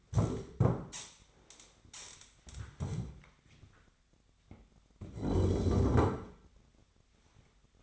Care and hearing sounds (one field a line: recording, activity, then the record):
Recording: daily activity, microphone in the room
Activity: stand up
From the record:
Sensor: 3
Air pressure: 1007.9 hPa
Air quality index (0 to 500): 191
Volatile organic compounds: 14 ppm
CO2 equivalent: 2452 ppm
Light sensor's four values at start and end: 12/28/12/12 and 12/28/12/12